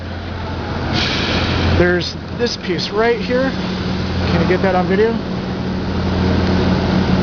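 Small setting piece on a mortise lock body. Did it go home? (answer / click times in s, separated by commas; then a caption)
no / none. Someone talks while a small setting piece on the end of a mortise lock body is pointed out and positioned before being pushed in, over a steady low hum. Nothing has seated or clicked yet.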